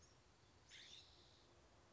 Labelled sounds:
California Scrub-Jay (Aphelocoma californica)
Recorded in Sonoma County, California

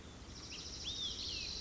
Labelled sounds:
Olive-sided Flycatcher (Contopus cooperi)
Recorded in Sonoma County, California

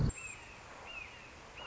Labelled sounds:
Red-shouldered Hawk (Buteo lineatus)
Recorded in Sonoma County, California

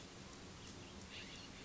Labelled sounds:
California Scrub-Jay (Aphelocoma californica)
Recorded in Sonoma County, California

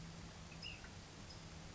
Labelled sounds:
Ash-throated Flycatcher (Myiarchus cinerascens)
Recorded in Sonoma County, California

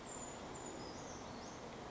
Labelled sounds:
Brown Creeper (Certhia americana)
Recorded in Sonoma County, California

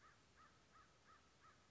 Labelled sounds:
American Crow (Corvus brachyrhynchos)
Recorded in Sonoma County, California

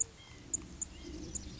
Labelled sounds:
White-breasted Nuthatch (Sitta carolinensis)
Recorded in Sonoma County, California

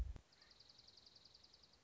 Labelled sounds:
Dark-eyed Junco (Junco hyemalis)
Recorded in Sonoma County, California

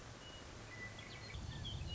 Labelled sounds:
Western Meadowlark (Sturnella neglecta)
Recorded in Sonoma County, California

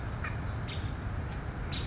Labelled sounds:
Nuttall's Woodpecker (Dryobates nuttallii)
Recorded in Sonoma County, California

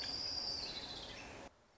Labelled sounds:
Orange-crowned Warbler (Leiothlypis celata)
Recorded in Sonoma County, California

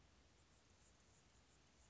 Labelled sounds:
Anna's Hummingbird (Calypte anna)
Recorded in Sonoma County, California

